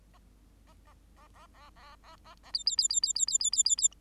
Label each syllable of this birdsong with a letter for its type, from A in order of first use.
A A A A A A A A A B B B B B B B B B B B